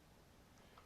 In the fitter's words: you should hear a snap when you get down there good and then